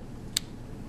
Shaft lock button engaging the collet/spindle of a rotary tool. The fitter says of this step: there we go once it's snapped in place loosen it